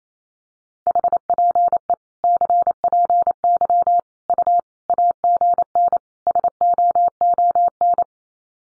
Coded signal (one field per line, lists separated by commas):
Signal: Morse code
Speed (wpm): 28 wpm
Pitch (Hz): 700 Hz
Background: none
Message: HPE CPY U AGN SOON